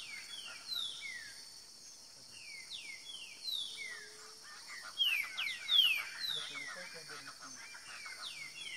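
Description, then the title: Green-winged saltator song: a run of loud whistled notes slurring downward, repeated irregularly, with other birds calling and a steady high insect drone throughout. Wild bird singing in the woods, competing in song with another free-living bird. "Trinca Ferro NICÃ O No Mato Disputando Com Solto"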